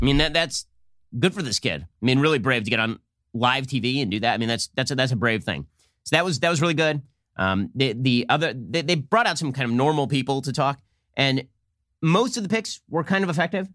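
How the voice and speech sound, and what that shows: One adult man talks in a relaxed commentary style at a mid-low pitch, with short pauses between phrases. Speech is clear and fluent; a few ordinary word repeats and an "um" are everyday hesitations, not a speech disorder. The room is quiet.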